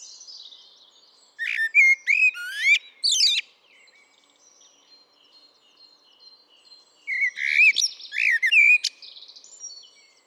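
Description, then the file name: Common blackbird singing two separate phrases of fluted whistles and high squeaky twittering, with a long pause between them. "Turdus merula"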